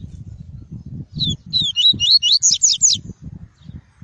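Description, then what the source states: Double-collared seedeater song, one continuous phrase of fast, high, rising and falling slurred notes, with low rumbling noise beneath. "Tui-tui" song variety.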